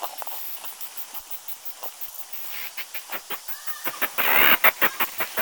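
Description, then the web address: Cicada song made of rapid, rhythmic ticking pulses that grow louder toward the end over a steady hiss. "cicadidae tibialis"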